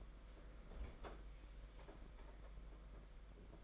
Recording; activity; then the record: daily activity, microphone in the room; open fridge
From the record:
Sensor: 5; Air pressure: 992.0 hPa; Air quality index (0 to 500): 200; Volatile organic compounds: 1000 ppm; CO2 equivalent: 5771 ppm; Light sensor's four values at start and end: 30/103/38/40 and 30/101/38/40